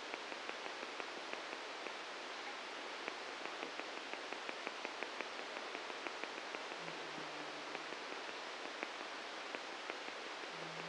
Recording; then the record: brain microelectrode recording played as sound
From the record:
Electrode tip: outside the subthalamic nucleus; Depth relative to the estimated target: 2 mm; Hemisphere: right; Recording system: NeuroSet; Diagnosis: Parkinson's disease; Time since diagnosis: 7 years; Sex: male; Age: 44 years